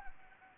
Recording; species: mosquito wingbeat signal from an infrared sensor; Anopheles gambiae